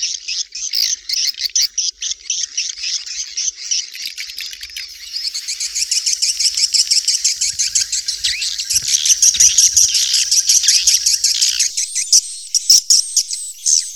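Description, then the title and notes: Swiftlet twittering, a steady high shimmering chatter that grows louder midway. Sound used in swiftlet farming in Asia to attract birds. "Swiflet Bird Sound. Farming Swiflet Bird asia sound"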